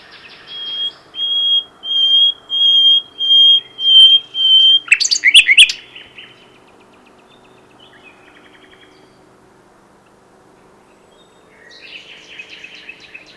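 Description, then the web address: Common nightingale song: a series of held, pure whistled notes growing louder, then a harsh burst and, after a pause, faint chatter. "pub SETE data Luscinia megarhynchos"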